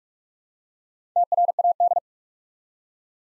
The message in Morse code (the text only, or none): TRAD